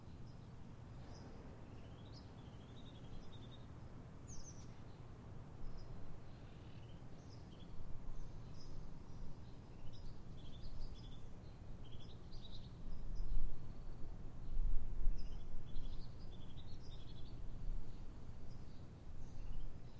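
Birds chirp in the late morning, short high calls repeating every second or two, with quick sliding notes scattered throughout. Beneath them runs a steady low rumble and hiss that swells somewhat louder in the second half.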